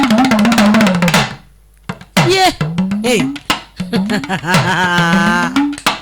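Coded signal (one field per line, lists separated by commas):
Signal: talking drum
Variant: Malian tamani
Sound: fast drum strokes with a bending, voice-like pitch; short pause; more gliding strokes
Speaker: ne kɔni ye tama mankan mɛn et je sais que a bɛ ka fɛn dɔ de fɔ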